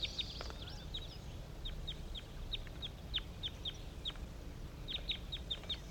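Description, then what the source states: Crossbill calls: sharp, clipped kip notes repeated in quick irregular bursts, with a few higher buzzy notes and a low steady rumble beneath. Captive crossbills calling at about 10 a.m. in response to five wild birds flying over; recorded at a hillside net site.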